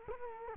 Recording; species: mosquito wingbeat signal from an infrared sensor; Culex quinquefasciatus